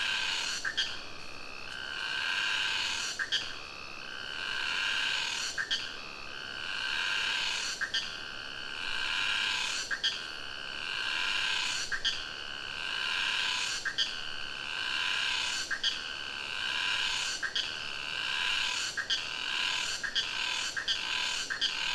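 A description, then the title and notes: A cicada sings in a jungle, its bright, buzzing call swelling and fading in rhythmic pulses about every two seconds. Short clicks mark each pulse, and the song runs without a break for the whole clip over a soft, steady background hiss. Cicada in Sumatra Jungle. Cicada singing. Recorded close to the river, in the Sumatra jungle (Ketambe, Aceh region).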